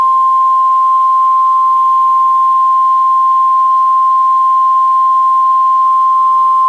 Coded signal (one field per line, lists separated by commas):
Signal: Emergency Alert System (SAME) tones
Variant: 1050 Hz attention tone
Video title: Did Someone Call for Corona, Alabama? | EAS Alerts from 6/13/2021 (EAS #398-412)